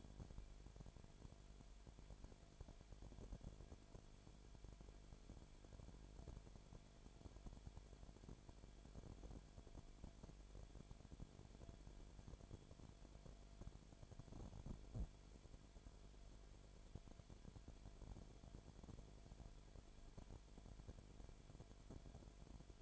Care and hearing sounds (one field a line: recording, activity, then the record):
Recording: daily activity, microphone in the room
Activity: no activity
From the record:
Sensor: 5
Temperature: 19.8 degrees Celsius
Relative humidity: 35.6%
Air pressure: 1003.4 hPa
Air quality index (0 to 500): 57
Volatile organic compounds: 1 ppm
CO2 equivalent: 637 ppm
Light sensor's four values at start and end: 2/3/1/1 and 2/3/1/1